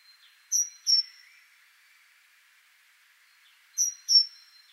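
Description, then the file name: Great tit giving paired thin, piercing notes, the pair returning roughly three seconds later; a faint continuous high tone hums underneath. "Parus major"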